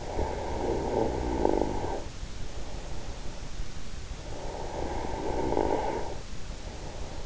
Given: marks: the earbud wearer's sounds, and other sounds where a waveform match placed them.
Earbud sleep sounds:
sounds in sleep by an in-ear microphone; snoring breath
0.00-2.33 s: snoring breath
4.20-7.05 s: snoring breath

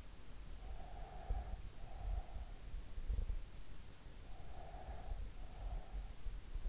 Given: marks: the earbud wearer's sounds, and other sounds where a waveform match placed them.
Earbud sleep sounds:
sounds in sleep by an in-ear microphone; breath
0.56-2.75 s: breath
4.22-6.09 s: breath

